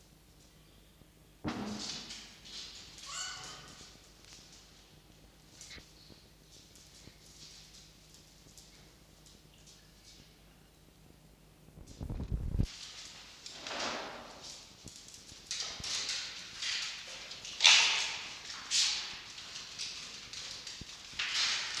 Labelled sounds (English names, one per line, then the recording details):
Red Fox
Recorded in captivity
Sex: pair
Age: adult
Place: Zoologisches Institut der HUB, Berlin, DE
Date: 1953-02-13 10:20
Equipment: Elmetra
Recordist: Tembrock, Günter